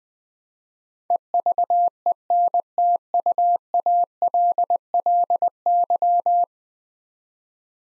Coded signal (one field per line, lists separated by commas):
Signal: Morse code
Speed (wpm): 20 wpm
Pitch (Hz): 700 Hz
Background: none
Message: EVENTUALLY